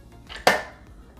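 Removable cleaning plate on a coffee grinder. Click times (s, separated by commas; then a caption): 0.5 s. A removable cleaning plate on a Breville Grind Control coffee grinder is twisted to unlock it for cleaning out coffee grounds and chaff. A faint scraping rub builds before a sharp, bright click at 0.5 s that rings briefly and fades. The plate clicks unlocked and is released.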